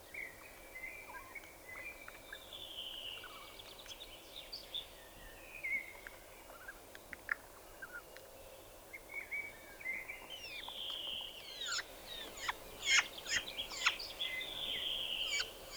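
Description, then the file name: Spotted nutcracker song, a quiet jumble of soft whistles, creaks and clicks, becoming denser and louder in the last few seconds. "Tannenhäher Gesang"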